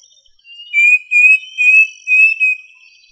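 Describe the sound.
Bird song of four high, thin whistled phrases, each slightly wavering and repeated about every half second, with faint higher overtones.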